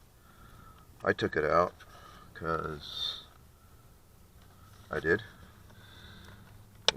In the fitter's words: okay there it goes it snaps